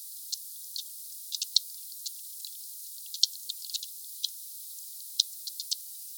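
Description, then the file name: Sperm whale clicks in loose clusters, brisk ticks with short gaps and a few sharper accented pulses. "Sphyrna Odyssey Glotinetal meute 4 Cachalots 3 kmdistance enregistre-2 msurface 12 mn Sud Monaco HP 8 k Hz ralenti 5 foisenviron 20200114 160058"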